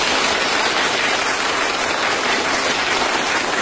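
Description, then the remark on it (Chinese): Sustained applause from a studio audience in a Beijing Traffic Radio show, clapping on cue when a yellow flag is raised: a dense, steady patter of many hands clapping at once with no pauses, loud and continuous throughout, and no voices standing out. “您听这掌声怎么样？”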